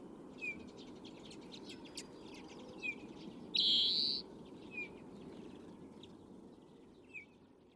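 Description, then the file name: European greenfinch call: a single buzzy wheeze midway, with a few short chirps scattered around it over a steady low rumble. "Chloris chloris"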